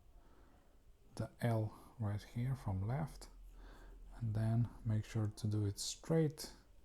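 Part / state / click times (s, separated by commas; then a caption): MMCX cable plug into in-ear monitor housing / not seated / none. Someone talks while handling a detachable BASN MMCX cable plug, lining it up straight with the socket on the left in-ear monitor housing. No click is heard. The plug has not yet seated or clicked into the earphone when the clip ends.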